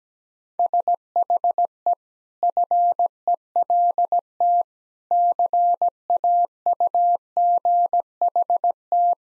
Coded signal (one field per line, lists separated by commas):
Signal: Morse code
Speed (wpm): 17 wpm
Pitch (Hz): 700 Hz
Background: none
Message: SHE FELT CAUGHT